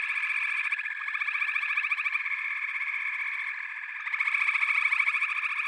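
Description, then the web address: Many frogs trill at once, a fast pulsing chorus that dips slightly midway, then grows louder again. A chorus of frogs calling together. "The Natural Sounds of the Wilderness. Echoes of Nature - Frog Chorus"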